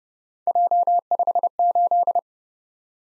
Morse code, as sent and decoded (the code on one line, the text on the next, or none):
.--- ..... ---..
J58